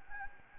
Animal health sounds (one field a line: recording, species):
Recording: mosquito wingbeat signal from an infrared sensor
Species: Anopheles gambiae